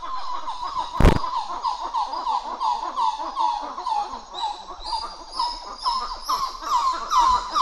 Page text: Plecturocebus cupreus. Gr 6 duet 20180711 080200